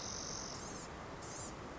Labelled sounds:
Blue-gray Gnatcatcher

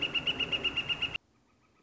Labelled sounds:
Northern Flicker

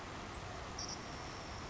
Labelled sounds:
Savannah Sparrow

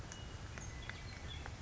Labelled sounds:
Western Meadowlark

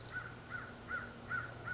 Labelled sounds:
American Crow

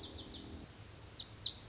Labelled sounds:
Lazuli Bunting

